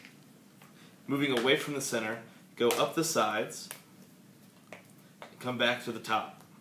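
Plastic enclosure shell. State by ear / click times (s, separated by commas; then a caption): not seated / none. Someone talks while pressure is applied around the edges of a plastic PP tablet enclosure to press its top half onto the bottom half, with faint handling ticks near 4.7 s and 5.2 s between the speech. Nothing has snapped together or seated yet by the end of the clip.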